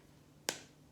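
A plastic cap is pushed onto a glue stick tube until it clicks shut, seating closed. A single sharp, bright click is heard at 0.5 s against a quiet background, followed by a brief fading tail.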